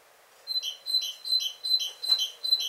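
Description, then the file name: Great tit: repeated two-note phrases, a bright high note followed by a lower note, about every 0.4 seconds. "Parus major"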